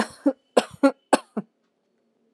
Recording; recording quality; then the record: shallow voluntary cough; excellent, no background noise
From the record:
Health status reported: healthy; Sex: female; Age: 26 years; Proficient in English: yes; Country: India